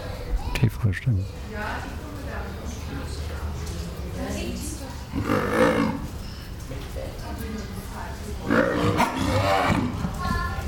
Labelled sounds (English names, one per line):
Leopard